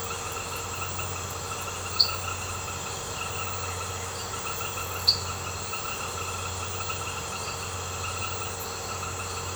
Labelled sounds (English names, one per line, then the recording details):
none
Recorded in secondary vegetation near Puerto Asís, Putumayo, Colombia, on 21 March 2025 at 21:00
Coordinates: 0.468, -76.324
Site G059